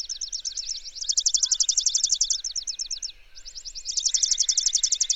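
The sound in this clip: Bird giving rapid, buzzy, high trills: a long loud run, a short pause, then another swelling burst.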